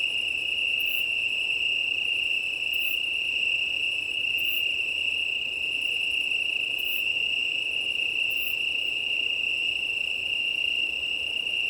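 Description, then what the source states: Italian tree cricket chorus as an unbroken, even trilling hum, with quieter rhythmic higher insect chirps and a few brief clicks over a background of wind noise. Chorus of many Italian tree crickets at start of night, 20:35 on 18 September 2019, Plateau de Lesches en Diois, Drôme, France; windy; recorded with Nomad six-track recorder and MKH8020 microphones.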